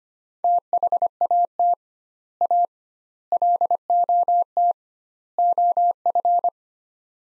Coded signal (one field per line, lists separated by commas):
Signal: Morse code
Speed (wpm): 25 wpm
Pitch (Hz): 700 Hz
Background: none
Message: THAT A LOT OF